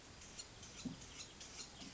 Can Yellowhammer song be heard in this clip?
no